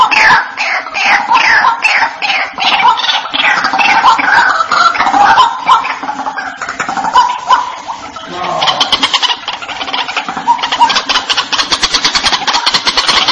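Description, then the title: Harsh, croaking white-breasted waterhen notes repeated in a steady series, shifting later into fast, clipped pulsing sounds. "Panggilan Burung Ruak Ruak"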